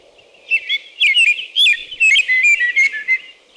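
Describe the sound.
American robin song, a rapid, continuous string of slurred whistled notes.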